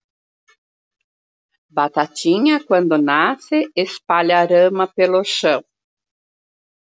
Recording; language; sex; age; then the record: short text; Brazilian Portuguese; female; 50 to 59 years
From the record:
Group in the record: control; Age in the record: 59 years